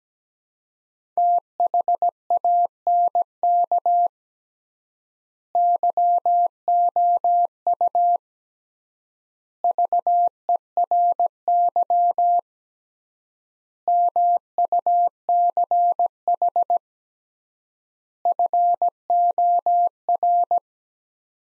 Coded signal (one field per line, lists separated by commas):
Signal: Morse code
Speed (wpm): 17 wpm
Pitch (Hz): 700 Hz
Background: none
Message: THANK YOU VERY MUCH FOR